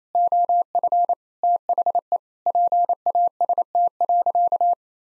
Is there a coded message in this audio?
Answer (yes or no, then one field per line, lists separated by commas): yes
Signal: Morse code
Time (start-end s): 0.1-4.7 s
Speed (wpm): 28 wpm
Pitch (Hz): 700 Hz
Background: none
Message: OF THE PAST.